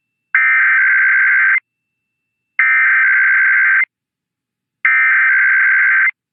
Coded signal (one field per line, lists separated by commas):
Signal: Emergency Alert System (SAME) tones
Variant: header bursts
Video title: IPAWS and Sacramento Tests (EAS #481-494) 7/1/24